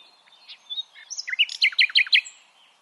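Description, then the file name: Common nightingale phrase: soft notes building into a loud series of rapid, evenly spaced chirps. "Luscinia megarhynchos"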